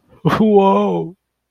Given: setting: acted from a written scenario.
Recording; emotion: vocal sound without words; elation